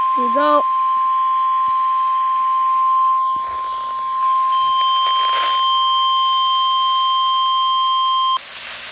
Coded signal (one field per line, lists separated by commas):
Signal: Emergency Alert System (SAME) tones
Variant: 1050 Hz attention tone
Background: speech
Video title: YOU FAILED AGAIN RUSKIN - Required Weekly Test | EAS #144